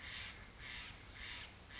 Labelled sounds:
Steller's Jay (Cyanocitta stelleri)
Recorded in Sonoma County, California

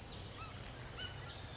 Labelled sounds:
California Towhee (Melozone crissalis)
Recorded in Sonoma County, California

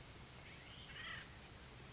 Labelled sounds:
Acorn Woodpecker (Melanerpes formicivorus)
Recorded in Sonoma County, California

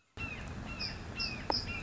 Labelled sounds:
Red-shouldered Hawk (Buteo lineatus)
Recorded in Sonoma County, California

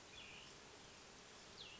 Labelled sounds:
Cassin's Vireo (Vireo cassinii)
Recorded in Sonoma County, California

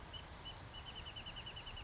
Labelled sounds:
Wrentit (Chamaea fasciata)
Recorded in Sonoma County, California

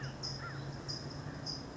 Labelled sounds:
American Crow (Corvus brachyrhynchos)
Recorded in Sonoma County, California

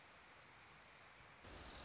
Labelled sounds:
Orange-crowned Warbler (Leiothlypis celata)
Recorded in Sonoma County, California

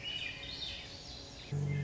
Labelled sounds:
Swainson's Thrush (Catharus ustulatus)
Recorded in Sonoma County, California

